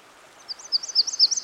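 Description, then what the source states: Myrtle warbler: a short series of high, slurred, two-part notes. By a stream.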